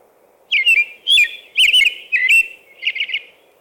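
American robin song: five short warbled whistle phrases in quick succession, each with faint high squeaks, over a low background hum.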